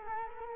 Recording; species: mosquito wingbeat signal from an infrared sensor; Culex quinquefasciatus